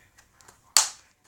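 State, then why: Seated. A plastic screen bezel clip is pressed into an HP laptop display lid during a screen replacement. After a few faint soft ticks, one loud, sharp snap comes at 0.8 s and fades quickly, and the clip is seated.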